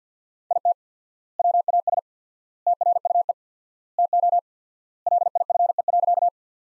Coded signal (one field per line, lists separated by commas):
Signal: Morse code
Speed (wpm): 50 wpm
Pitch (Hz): 700 Hz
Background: none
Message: IT WAS TRUE TO LIFE.